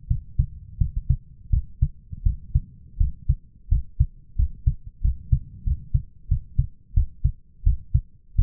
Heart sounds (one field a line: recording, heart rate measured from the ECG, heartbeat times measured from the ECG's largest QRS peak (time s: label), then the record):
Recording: heart sounds by stethoscope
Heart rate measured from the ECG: 87 bpm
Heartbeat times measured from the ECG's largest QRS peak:
0.07 s: heartbeat
0.78 s: heartbeat
1.50 s: heartbeat
2.23 s: heartbeat
2.97 s: heartbeat
3.69 s: heartbeat
4.36 s: heartbeat
5.01 s: heartbeat
5.64 s: heartbeat
6.28 s: heartbeat
6.94 s: heartbeat
7.64 s: heartbeat
8.35 s: heartbeat
From the record:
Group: healthy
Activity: rest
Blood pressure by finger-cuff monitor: 145/104 mmHg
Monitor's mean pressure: 115 mmHg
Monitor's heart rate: 91 bpm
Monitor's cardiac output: 7.3 L/min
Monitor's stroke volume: 83 mL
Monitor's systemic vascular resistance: 1200 dyn s/cm5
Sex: male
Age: 23 years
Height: 179 cm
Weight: 87 kg